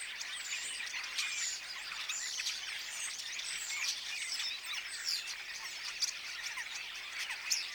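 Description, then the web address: Common starling chorus, a steady wash of chattering, clicking and whistled notes from several birds, with brief louder squawks near the end. Apparently young starlings singing in chorus; recorded 22 August 2026. "paivat 22 8 2026 ilmeisesti tassa nuoret kottaraiset laulavat kuorossa"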